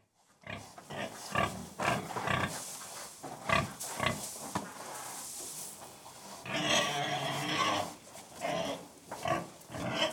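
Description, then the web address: Pigs grunt in repeated short bursts while feeding, with a longer, louder stretch in the middle. Pigs feeding; livestock. "The BBC Sound Effects Library (Livestock) Pigs Feeding"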